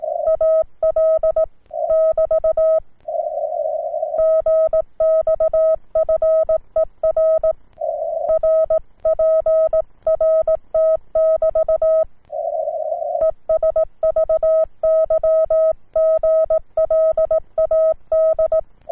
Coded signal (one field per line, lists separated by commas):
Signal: Morse code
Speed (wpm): 18 wpm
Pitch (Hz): 1280 Hz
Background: none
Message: AL <BT> GXFER RPRT <BT> ES VY GLAD